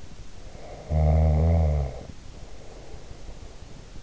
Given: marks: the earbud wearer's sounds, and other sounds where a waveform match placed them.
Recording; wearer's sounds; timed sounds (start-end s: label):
sounds in sleep by an in-ear microphone; snoring breath
0.58-3.81 s: snoring breath